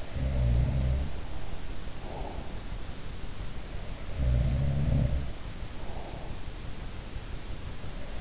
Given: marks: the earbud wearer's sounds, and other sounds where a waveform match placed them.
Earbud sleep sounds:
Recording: sounds in sleep by an in-ear microphone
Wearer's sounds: breath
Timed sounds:
0.00-1.48 s: sound from someone else or the room
1.78-2.91 s: breath
3.75-6.38 s: sound from someone else or the room

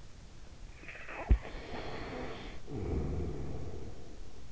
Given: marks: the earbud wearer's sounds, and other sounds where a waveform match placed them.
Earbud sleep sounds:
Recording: sounds in sleep by an in-ear microphone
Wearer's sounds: snoring breath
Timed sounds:
0.55-4.52 s: snoring breath

